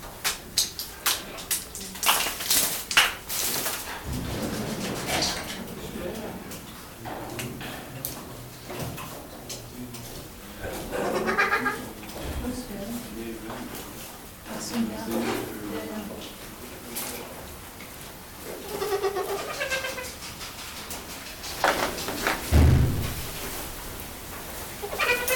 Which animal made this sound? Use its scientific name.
Bycanistes bucinator